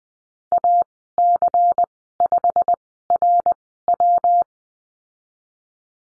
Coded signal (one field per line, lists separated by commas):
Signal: Morse code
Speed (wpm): 19 wpm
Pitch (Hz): 700 Hz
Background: none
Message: AC5RW